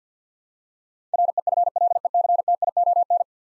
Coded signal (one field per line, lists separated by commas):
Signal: Morse code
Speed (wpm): 50 wpm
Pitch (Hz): 700 Hz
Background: none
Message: REFLECTION